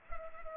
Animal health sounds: mosquito wingbeat signal from an infrared sensor; Culex pipiens

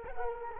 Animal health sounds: mosquito wingbeat signal from an infrared sensor; Culex quinquefasciatus

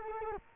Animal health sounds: mosquito wingbeat signal from an infrared sensor; Culex quinquefasciatus

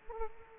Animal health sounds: mosquito wingbeat signal from an infrared sensor; Culex quinquefasciatus

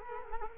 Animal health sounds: mosquito wingbeat signal from an infrared sensor; Culex quinquefasciatus

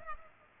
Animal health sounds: mosquito wingbeat signal from an infrared sensor; Culex pipiens

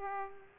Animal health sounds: mosquito wingbeat signal from an infrared sensor; Aedes aegypti

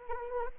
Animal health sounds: mosquito wingbeat signal from an infrared sensor; Anopheles arabiensis

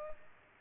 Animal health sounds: mosquito wingbeat signal from an infrared sensor; Culex pipiens

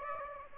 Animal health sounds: mosquito wingbeat signal from an infrared sensor; Aedes aegypti

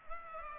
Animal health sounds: mosquito wingbeat signal from an infrared sensor; Culex pipiens

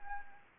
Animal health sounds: mosquito wingbeat signal from an infrared sensor; Anopheles arabiensis

